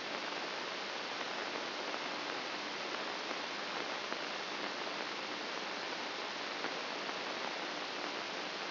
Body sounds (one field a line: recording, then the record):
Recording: brain microelectrode recording played as sound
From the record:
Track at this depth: inside the subthalamic nucleus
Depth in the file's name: 1.027 mm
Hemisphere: left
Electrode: 2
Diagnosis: Parkinson's disease